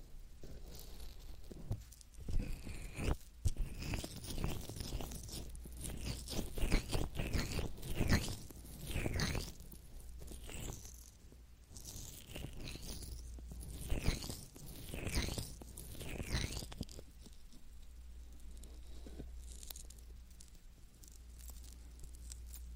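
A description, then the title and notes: Lotion ear massage with wet, squishy rubbing and crackly, crunching bursts that come in quick clusters through the first seventeen seconds. After that the handling fades to soft, sparse rustles. A low steady hum runs underneath throughout. Lotion ear massage.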